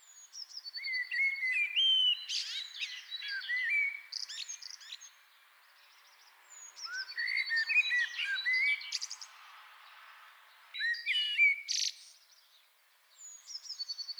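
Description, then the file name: Common blackbird song: several rich warbling phrases of fluty whistles mixed with high chattery squeaks, with pauses between them. "Turdus merula"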